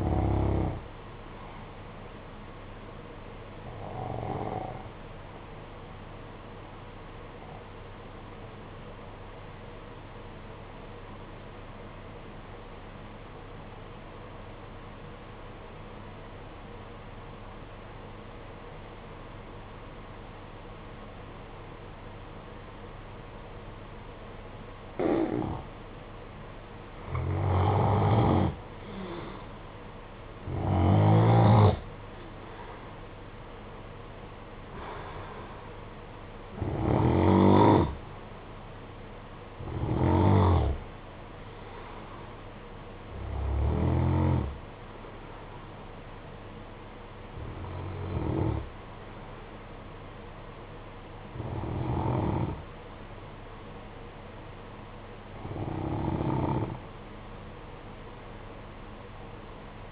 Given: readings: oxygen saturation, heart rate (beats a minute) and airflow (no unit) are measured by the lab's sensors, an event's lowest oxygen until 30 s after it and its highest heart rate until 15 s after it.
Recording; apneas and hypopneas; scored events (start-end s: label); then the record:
breathing in sleep by a voice recorder at the bedside; 1
5.00-27.90 s: obstructive apnea (N2, oxygen 95% highest, then 85% lowest, heart rate 50 at the start, 60 highest)
From the record:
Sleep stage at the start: N2 (light sleep); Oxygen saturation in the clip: 85 to 95%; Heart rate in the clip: 48 to 60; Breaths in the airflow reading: 11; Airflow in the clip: -6.0 to 8.5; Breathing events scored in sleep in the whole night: 476 in 9.7 hours asleep